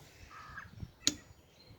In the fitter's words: you go satisfying click